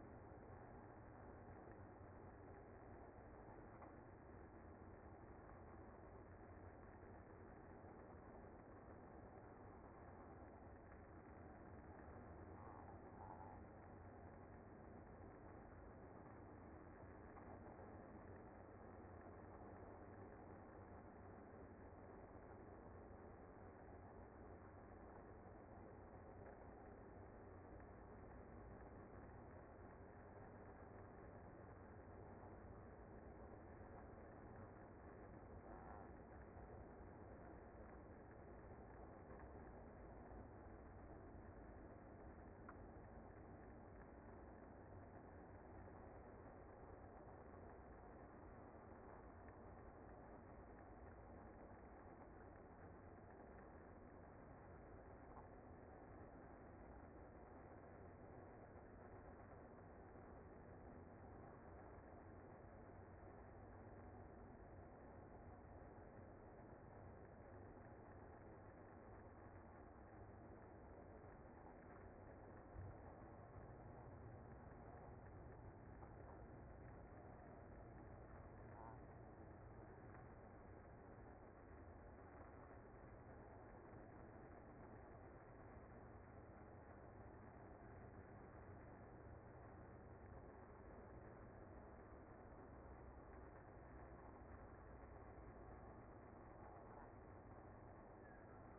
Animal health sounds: honeybee colony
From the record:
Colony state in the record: active

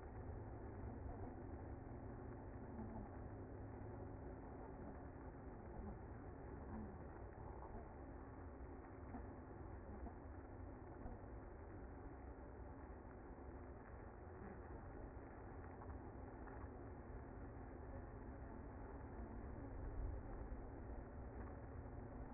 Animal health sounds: honeybee colony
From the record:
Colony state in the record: active

